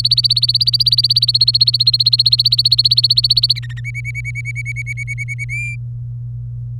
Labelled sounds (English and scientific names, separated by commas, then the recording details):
Domestic Canary (Serinus canaria) song
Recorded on 24 April 2018 at 10:16
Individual llb3